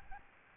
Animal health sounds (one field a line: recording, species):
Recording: mosquito wingbeat signal from an infrared sensor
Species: Aedes albopictus